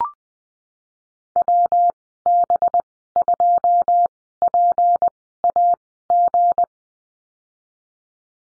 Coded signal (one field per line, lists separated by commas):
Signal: Morse code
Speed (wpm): 20 wpm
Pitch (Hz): 700 Hz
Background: none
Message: WB2PAG